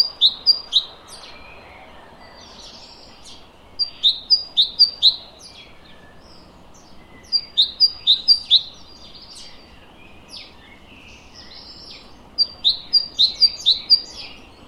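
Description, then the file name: Great tit repeating its see-saw song in four separate bursts of several brisk two-note phrases, with low steady background noise throughout. "Parus major"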